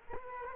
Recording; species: mosquito wingbeat signal from an infrared sensor; Culex quinquefasciatus